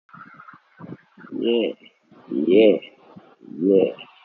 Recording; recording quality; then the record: sustained vowel as in made; poor, much background noise or distortion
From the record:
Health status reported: healthy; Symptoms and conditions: none ticked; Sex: male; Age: 24 years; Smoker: not ticked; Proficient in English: yes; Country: India